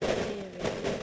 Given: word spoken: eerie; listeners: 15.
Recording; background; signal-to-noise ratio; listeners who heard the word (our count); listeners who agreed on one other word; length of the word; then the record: one English word in noise, from a listening test; noise modulated by three-talker babble; -7.2 dB; 2 of 15; 6 of 15; 0.63 s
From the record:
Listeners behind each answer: 6, 3, 2, 1, 1, 1, 1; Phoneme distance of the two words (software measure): 7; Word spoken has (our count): 2 syllables, 3 phonemes, stress on syllable 1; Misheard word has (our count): 2 syllables, 4 phonemes, stress on syllable 1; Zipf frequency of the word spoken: 3.30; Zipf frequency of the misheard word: 4.44